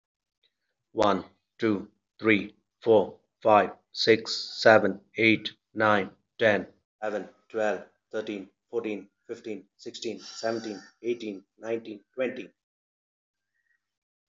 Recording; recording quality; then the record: counting at a normal pace; excellent, no background noise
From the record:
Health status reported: healthy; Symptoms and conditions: cold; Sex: male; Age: 37 years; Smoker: yes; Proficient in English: yes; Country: India